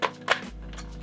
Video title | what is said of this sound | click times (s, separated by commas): Polaroid 600 Shooting⎜Polaroid Sun 660 Autofocus | Once you hear that click, your film is literally in the back, and now you just close the camera. | 0.3 s